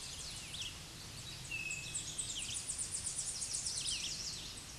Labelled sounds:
Tennessee Warbler (Leiothlypis peregrina) song
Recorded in a Pennsylvania forest on 16 May 2024 at 07:59
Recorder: AudioMoth, point MSD-2039
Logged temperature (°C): 15.0 °C
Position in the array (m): 69 m, 60 m

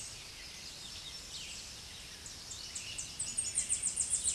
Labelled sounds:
Tennessee Warbler (Leiothlypis peregrina) song
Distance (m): 20 m
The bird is about 10 m above the microphone
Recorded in a Pennsylvania forest on 16 May 2024 at 07:41
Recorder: AudioMoth, point MSD-2478
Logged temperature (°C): 15.6 °C
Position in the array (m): 40 m, 200 m

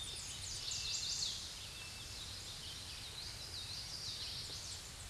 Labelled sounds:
Chestnut-sided Warbler (Setophaga pensylvanica) song
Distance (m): 30 m
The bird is about 5 m above the microphone
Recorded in a Pennsylvania forest on 16 May 2024 at 06:25
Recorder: AudioMoth, point MSD-2131
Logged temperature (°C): 14.8 °C
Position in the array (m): 11 m, 18 m

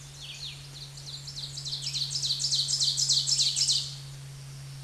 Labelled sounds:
Ovenbird (Seiurus aurocapilla) song
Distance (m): 15 m
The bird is about 10 m above the microphone
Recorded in a Pennsylvania forest on 16 May 2024 at 07:55
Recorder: AudioMoth, point MSD-0475
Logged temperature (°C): 12.3 °C
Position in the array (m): 146 m, -10 m

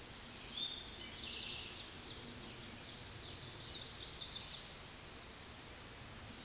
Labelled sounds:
Chestnut-sided Warbler (Setophaga pensylvanica) song
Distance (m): 45 m
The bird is about level with the microphone
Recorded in a Pennsylvania forest on 16 May 2024 at 09:58
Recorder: AudioMoth, point MSD-2287
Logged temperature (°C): 11.2 °C
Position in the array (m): 110 m, -12 m

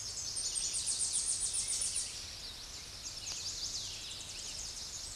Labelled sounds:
Chestnut-sided Warbler (Setophaga pensylvanica) song
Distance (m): 35 m
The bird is about 5 m below the microphone
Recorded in a Pennsylvania forest on 16 May 2024 at 07:11
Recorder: AudioMoth, point MSD-2349
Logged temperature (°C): 15.8 °C
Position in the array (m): 35 m, 30 m

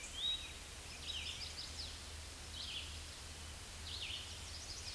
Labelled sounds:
Red-eyed Vireo (Vireo olivaceus) song
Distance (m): 25 m
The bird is about 10 m above the microphone
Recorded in a Pennsylvania forest on 16 May 2024 at 07:31
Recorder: AudioMoth, point MSD-2201
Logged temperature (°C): 15.5 °C
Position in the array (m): 179 m, 75 m

